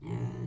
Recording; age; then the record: pig call; weaner (32 to 43 days)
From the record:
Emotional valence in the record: negative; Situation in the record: long isolation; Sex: female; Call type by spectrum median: low-frequency call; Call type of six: low-frequency stable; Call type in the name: low-frequency stable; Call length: 0.48 s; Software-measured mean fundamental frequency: 58 Hz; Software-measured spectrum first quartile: 124 Hz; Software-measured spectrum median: 181 Hz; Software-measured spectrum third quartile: 403 Hz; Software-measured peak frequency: 131 Hz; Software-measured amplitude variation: 126 dB a second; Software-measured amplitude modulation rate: 18.9 a second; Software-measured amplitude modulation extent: 6.7 dB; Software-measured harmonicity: -1.4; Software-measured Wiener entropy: -0.14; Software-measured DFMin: 896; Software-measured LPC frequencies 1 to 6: 891, 1978, 3030, 4011, 6343, 6985 Hz